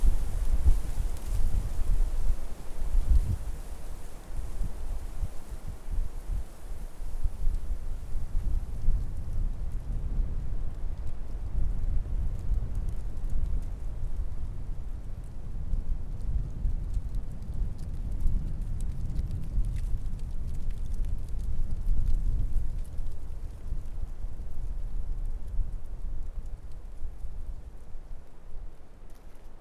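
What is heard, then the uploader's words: Wind moves through a winter forest in Hungary's Bükk mountains, a deep continuous roar that swells and eases in slow gusts. Faint crackles and rustles flicker above it, thicker early on, while the upper hiss thins out after about ten seconds. Windy forrest at winter. The approximate location of recording is Bükk limestone mountain in Hungary, Estern Europe.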